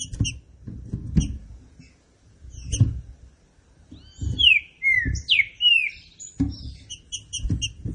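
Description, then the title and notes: Green-winged saltator song: a loud phrase of rich, slurred whistles sliding downward, with sharp high ticking notes and low thumping noises around it. Classic song style (canto clássico) of the trinca-ferro, presented as a song for training. "Canto Clássico Trinca Ferro TREINAMENTO. trinca fero"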